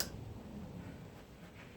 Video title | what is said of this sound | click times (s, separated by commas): 2004-2008 Grand Prix - Change Ignition Coil Packs | you grab your wires put them back on make sure they fit nice and snug you should hear a little click I don't know if you guys can hear that and | 0.0 s